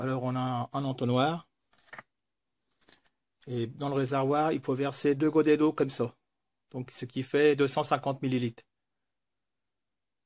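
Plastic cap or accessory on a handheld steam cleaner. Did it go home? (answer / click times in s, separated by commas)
no / none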